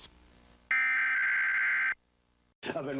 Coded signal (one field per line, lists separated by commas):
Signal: Emergency Alert System (SAME) tones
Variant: header bursts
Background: speech